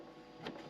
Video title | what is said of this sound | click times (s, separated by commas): BougeRV Dualzone Fridge Freezer and slide review @BougeRV | locks into place nice and easy | 0.5 s